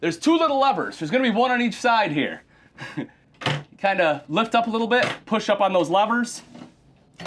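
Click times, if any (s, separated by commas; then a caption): 7.2 s. Someone talks while lifting the Murphy-style fold-down dinette table of a 2024 No Boundaries RVS1 trailer slightly and pushing up on the two levers, one on each side. At 7.2 s the table release lever latch lets go with a short tick, and the table is released to fold down.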